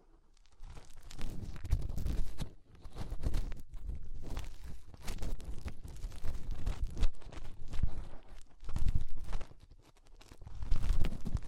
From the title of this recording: Inner Ear Cleaning Using Fingers